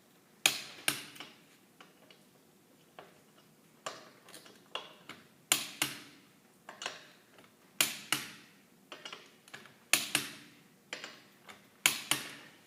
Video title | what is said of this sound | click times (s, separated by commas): Tightening lug nuts | when it hits the torque that we want you're going to hear a clicking noise | 0.5 s, 5.5 s, 7.8 s, 9.9 s, 11.9 s